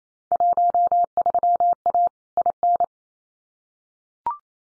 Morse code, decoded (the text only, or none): 13A IN